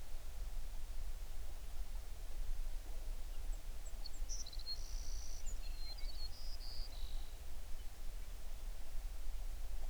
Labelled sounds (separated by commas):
songbird